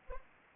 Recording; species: mosquito wingbeat signal from an infrared sensor; Anopheles arabiensis